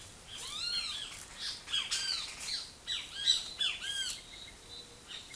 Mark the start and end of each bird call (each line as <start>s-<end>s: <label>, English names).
0.00s-5.35s: Great Kiskadee